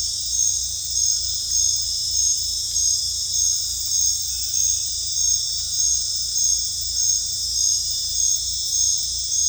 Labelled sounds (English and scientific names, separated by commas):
none